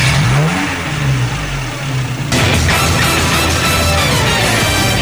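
A motorcycle engine revs with rising pitch, then surges into a loud, steady full-throttle roar halfway through as it drives off, the throaty rumble continuing to the end with no talking.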